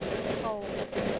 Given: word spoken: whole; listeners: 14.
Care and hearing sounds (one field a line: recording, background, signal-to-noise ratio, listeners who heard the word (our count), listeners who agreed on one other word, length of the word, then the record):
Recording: one English word in noise, from a listening test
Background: noise modulated by three-talker babble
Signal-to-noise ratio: -4.6 dB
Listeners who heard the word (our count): 1 of 14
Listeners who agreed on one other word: 7 of 14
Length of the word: 0.79 s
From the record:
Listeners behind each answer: 7, 3, 1, 1, 1, 1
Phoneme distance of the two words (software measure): 17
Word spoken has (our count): 1 syllable, 3 phonemes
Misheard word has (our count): 1 syllable, 4 phonemes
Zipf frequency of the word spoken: 5.54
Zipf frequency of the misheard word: 5.11